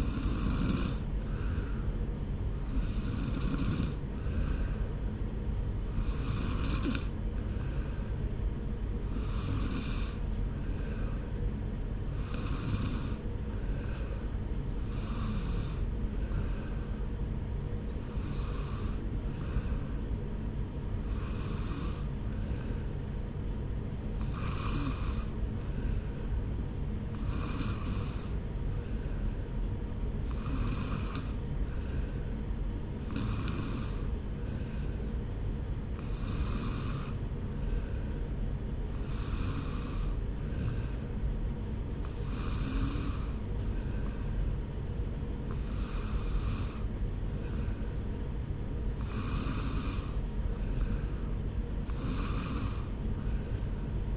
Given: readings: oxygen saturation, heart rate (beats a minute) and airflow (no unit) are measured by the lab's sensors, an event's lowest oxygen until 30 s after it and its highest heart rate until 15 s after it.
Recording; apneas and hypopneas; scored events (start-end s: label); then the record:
breathing in sleep by a smartphone at the bedside; none
42.00-54.17 s: new sleep stage, N3 (deep sleep)
From the record:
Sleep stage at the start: N2 (light sleep); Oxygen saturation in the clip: 92 to 94%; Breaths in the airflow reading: 18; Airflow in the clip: -1.0 to 1.1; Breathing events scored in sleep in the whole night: 335 in 6.7 hours asleep